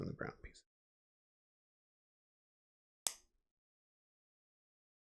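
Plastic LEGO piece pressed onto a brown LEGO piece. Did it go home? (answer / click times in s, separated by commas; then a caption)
yes / 3.1 s. A plastic LEGO piece is pressed onto a brown LEGO piece while building a LEGO Star Wars Y-Wing. Someone talks briefly, then after a pause a single sharp click sounds at 3.1 seconds as the piece seats into place.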